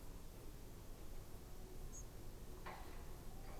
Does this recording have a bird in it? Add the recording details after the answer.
yes. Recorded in France